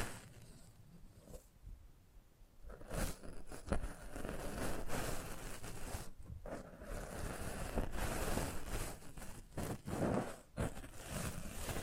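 An ASMR mic treatment with dense, rough scratching and rubbing right on the microphone. It starts softer and low, then thickens after about three seconds into a steady hiss-like scrape, broken by sharp brushing strokes near 3, 6 and 10 seconds.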